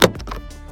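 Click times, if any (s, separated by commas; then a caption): 0.0 s. A plastic dome light lens cover, hooked in at the back, is pressed up into the car's headliner light housing and snaps into place with a sharp click at 0.0 s. Two fainter knocks follow at about 0.2 s and 0.3 s, and the cover is seated.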